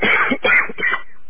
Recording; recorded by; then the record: voluntary cough; telephone call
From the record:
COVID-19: positive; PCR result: self-reported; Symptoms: yes